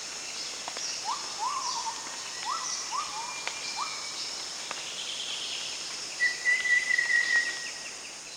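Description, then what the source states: Rufous-fronted babbler call: soft rising whistles repeated several times, later a brief high trill, over constant insect hiss. Recorded at Danum on 1 January 2008.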